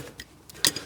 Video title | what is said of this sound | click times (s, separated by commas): This Peugeot 406 Design Flaw Nearly Ruined Everything | Torque wrench clicked. | 0.6 s